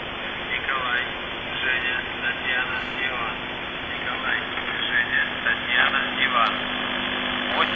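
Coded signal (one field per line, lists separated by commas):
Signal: numbers station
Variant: UVB-76 voice message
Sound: a muffled spoken voice message through heavy shortwave hiss with a steady low hum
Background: radio static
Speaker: The Russian radio station UVB-76 is broadcasting new coded messages.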